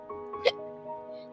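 One sharp, brief gulping burst over faint steady background tones: a single hiccup from a child.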